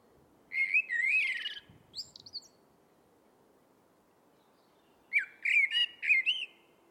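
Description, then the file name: Eurasian blackbird song: a rich warbled phrase ending in thin squeaky notes, a pause of nearly three seconds, then a second mellow phrase with chattering high notes. "Turdus merula"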